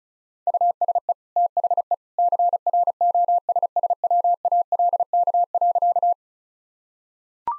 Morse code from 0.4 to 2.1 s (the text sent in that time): USE THE